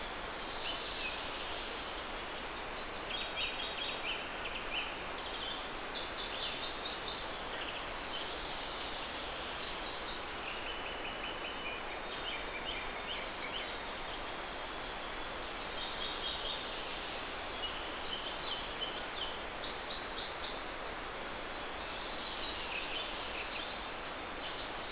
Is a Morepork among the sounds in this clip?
no